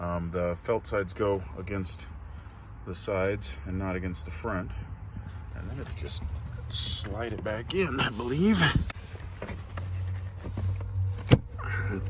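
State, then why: Seated. Someone talks while sliding the plastic cabin air filter cover back into the filter housing behind the glovebox of an FJ Cruiser, with the filter already in place and its felt sides against the sides of the housing. A few small knocks come as it slides in, then a sharp click at 11.3 s as the cover latches into the housing.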